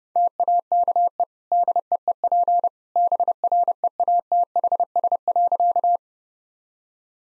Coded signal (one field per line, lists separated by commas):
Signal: Morse code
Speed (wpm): 30 wpm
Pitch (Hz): 700 Hz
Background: none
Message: TAKE DEEP BREATHS.